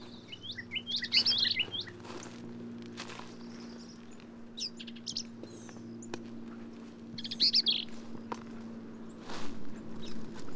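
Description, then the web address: Black-capped vireo song: a few brief, jumbled phrases of quick high notes, amid footsteps and a steady low hum. "birdsongforthecurious Black-capped Vireo"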